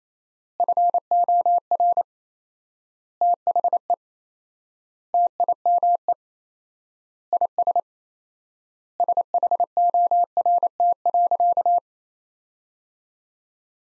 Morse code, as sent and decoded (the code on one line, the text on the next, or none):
..-. --- .-. / - .... . / - .. -- . / .. ... / ... .... --- .-. - .-.-.-
FOR THE TIME IS SHORT.